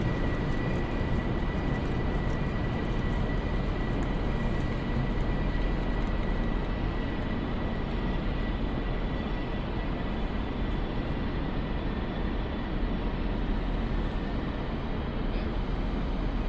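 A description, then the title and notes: A train ride to Leipzig: a steady, dense rumble of the moving train fills the whole recording with no breaks or changes in level. A thin, constant whine sits above the low roar throughout, and faint ticks and clicks surface now and then. Train to Leipzig. We hop on board a train heading to Leipzig.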